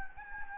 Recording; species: mosquito wingbeat signal from an infrared sensor; Anopheles gambiae